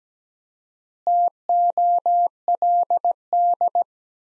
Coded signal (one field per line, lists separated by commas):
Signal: Morse code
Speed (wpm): 17 wpm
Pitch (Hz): 700 Hz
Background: none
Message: TOLD